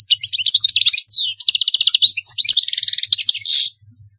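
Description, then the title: European goldfinch song, busy and continuous, with sweet twitters, a downslurred whistle and repeated buzzy trill notes before stopping. "Chant Chardonneret"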